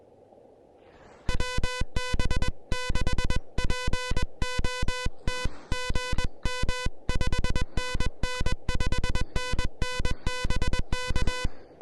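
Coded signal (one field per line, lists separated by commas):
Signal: Morse code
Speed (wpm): 21 wpm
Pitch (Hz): 1000 Hz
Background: music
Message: WB6POT GM 5NN 5NN BK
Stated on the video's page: SOTA activation on a summit using the Elecraft KH1 handheld QRP transceiver.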